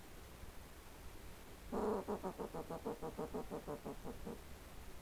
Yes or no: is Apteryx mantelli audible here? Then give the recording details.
no. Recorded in New Zealand on 18 December 2013. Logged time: 22:59. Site CJ71